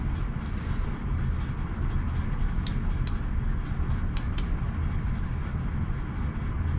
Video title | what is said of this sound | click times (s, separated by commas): Honda K24 series cam gear timing chain R&R | now it's locked into place | 4.2 s, 4.4 s